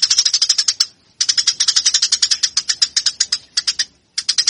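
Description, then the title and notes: Eurasian tree sparrow with rapid, scratchy high chirps in three bursts split by brief pauses. Fighting. "MASTER GEREJA TARUNG. burung gereja"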